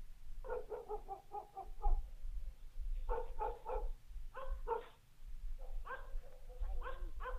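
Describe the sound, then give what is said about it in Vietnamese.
A dog barks at night in quick, high-pitched yapping bursts, several clusters of short barks separated by brief pauses, over a steady low rumble. “Đầu đó ho có tiếng chó cắn ma cứ nhấm nhẳng vang lên trong đêm tối.”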